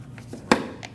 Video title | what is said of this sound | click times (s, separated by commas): How to Replace Rear Calipers 2020-2027 Toyota Corolla | Make sure it clicks in. | 0.5 s